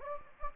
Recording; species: mosquito wingbeat signal from an infrared sensor; Anopheles gambiae